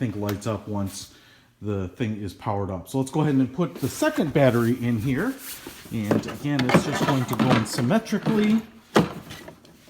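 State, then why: Seated. A second 40 V battery pack is pressed into the other battery bay of a Snow Joe iON24SB-XR 80V Max 5.0 Ah cordless self-propelled two-stage snow blower while someone talks. A sharp click at 8.9 s marks the pack locking in and seating, followed by a few faint ticks.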